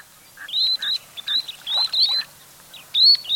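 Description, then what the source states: Least sandpipers giving high, thin, slightly rising calls, short notes in quick bursts with brief pauses. Migrating birds that travel to and from the Arctic year after year, relying on important bird areas to rest and feed during long journeys.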